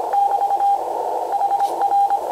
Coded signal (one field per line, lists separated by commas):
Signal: Morse code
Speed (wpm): 26 wpm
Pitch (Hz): 800 Hz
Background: radio noise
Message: <BT> HR